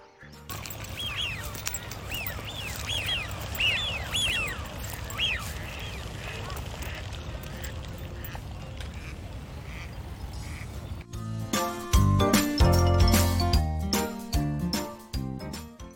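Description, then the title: Ducks give a run of short, nasal calls over a low rumble; later loud music takes over. Ducks on a wide park pond in Katsushika, Tokyo, Japan, on the Saitama border near Chiba; a large flock present. "鴨の鳴き声が聞こえるカモ⁉️【東京都県境・水元公園】"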